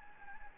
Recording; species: mosquito wingbeat signal from an infrared sensor; Anopheles gambiae